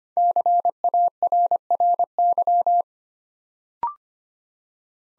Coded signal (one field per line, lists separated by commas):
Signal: Morse code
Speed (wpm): 25 wpm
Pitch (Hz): 700 Hz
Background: none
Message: CARRY